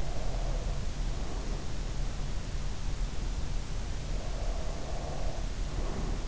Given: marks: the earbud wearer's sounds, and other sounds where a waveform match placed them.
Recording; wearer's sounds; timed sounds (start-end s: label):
sounds in sleep by an in-ear microphone; breath
0.00-1.90 s: breath
4.15-6.28 s: breath